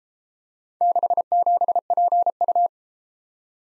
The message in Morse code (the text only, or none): 67PU